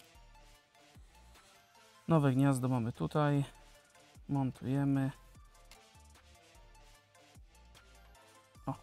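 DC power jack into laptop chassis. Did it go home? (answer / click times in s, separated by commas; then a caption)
yes / 8.7 s. A new plastic DC power socket is fitted into its seat in the chassis of a Lenovo IdeaPad 330-17ICH laptop while music plays and someone talks. The socket snaps into place with a sharp click at 8.7 s, and it is seated.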